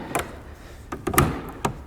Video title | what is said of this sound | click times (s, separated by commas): LET'S PUT THE TOP DOWN - 2021 FORD BRONCO SOFT TOP | it clicks into place done that simple and that easy to be able to pop it all the way down | 1.2 s